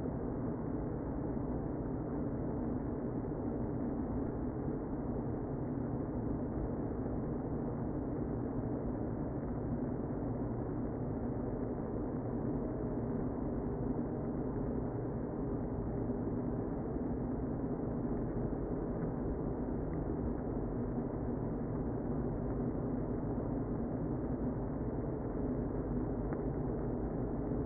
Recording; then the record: honeybee colony, microphone inside the hive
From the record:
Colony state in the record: queen present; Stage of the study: before two queens were removed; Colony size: about 60,000 bees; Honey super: yes